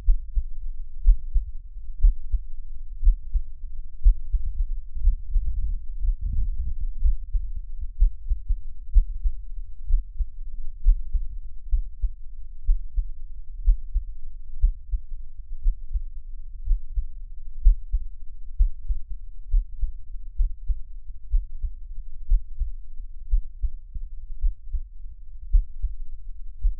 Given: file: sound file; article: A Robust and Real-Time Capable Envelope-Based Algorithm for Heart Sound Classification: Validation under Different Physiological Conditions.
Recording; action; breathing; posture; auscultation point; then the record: heart sounds by electronic stethoscope; rest; normal; lying on left side; Erb’s point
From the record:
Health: healthy, no known heart disease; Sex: male